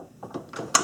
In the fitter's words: I have to raise that up like that that's locked into place